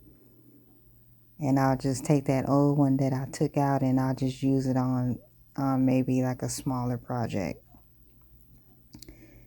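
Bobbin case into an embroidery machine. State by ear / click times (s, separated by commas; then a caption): seated / 8.9 s, 9.0 s. A bobbin case is pushed into the hook area of an embroidery machine after the old bobbin or bobbin case has been swapped out for a new one. Someone talks until about 7.6 s, and after a quiet stretch, sharp short clicks come at 8.9 s and 9.0 s, the second the loudest, as the case snaps into place and is seated.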